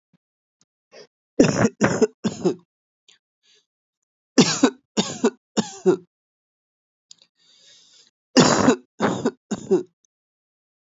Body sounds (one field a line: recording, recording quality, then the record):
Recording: shallow voluntary cough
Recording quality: excellent, no background noise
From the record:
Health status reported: healthy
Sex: male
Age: 35 years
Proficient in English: yes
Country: India